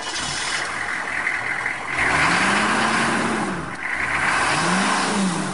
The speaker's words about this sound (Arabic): شغل السيارة، شغل السيارة.